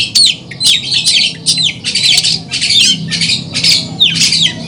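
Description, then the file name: Long-tailed shrike song: harsh, scratchy high notes in quick repeated bursts, many slurring downward, continuing steadily throughout. Simulated songbird contest held at a bird-keepers' gathering. "simulasi-lomba-cendet-gathering 4-omkicau"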